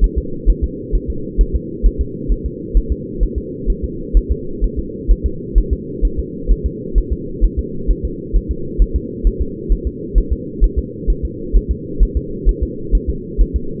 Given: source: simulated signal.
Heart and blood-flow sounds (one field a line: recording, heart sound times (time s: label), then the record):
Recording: fetal heart sounds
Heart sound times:
0.04 s: S1
0.18 s: S2
0.50 s: S1
0.64 s: S2
0.95 s: S1
1.10 s: S2
1.41 s: S1
1.56 s: S2
1.86 s: S1
2.01 s: S2
2.32 s: S1
2.46 s: S2
2.77 s: S1
2.92 s: S2
3.23 s: S1
3.38 s: S2
3.70 s: S1
3.84 s: S2
4.17 s: S1
4.32 s: S2
4.64 s: S1
4.79 s: S2
5.11 s: S1
5.26 s: S2
5.58 s: S1
5.73 s: S2
6.05 s: S1
6.19 s: S2
6.51 s: S1
6.66 s: S2
6.98 s: S1
7.13 s: S2
7.44 s: S1
7.59 s: S2
7.91 s: S1
8.05 s: S2
8.36 s: S1
8.51 s: S2
8.82 s: S1
8.96 s: S2
9.27 s: S1
9.41 s: S2
9.72 s: S1
9.87 s: S2
10.18 s: S1
10.33 s: S2
10.64 s: S1
10.79 s: S2
11.10 s: S1
11.25 s: S2
11.56 s: S1
11.71 s: S2
12.03 s: S1
12.17 s: S2
12.49 s: S1
12.63 s: S2
12.95 s: S1
13.09 s: S2
13.41 s: S1
13.56 s: S2
From the record:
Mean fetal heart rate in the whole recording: 130 bpm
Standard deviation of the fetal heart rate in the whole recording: 2 bpm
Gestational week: 36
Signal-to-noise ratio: -4.3 dB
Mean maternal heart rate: 72 bpm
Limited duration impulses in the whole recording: absent